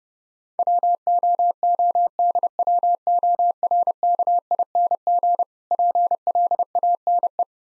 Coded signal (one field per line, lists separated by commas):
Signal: Morse code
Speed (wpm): 29 wpm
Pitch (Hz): 700 Hz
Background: none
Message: WOODWORKING PLANE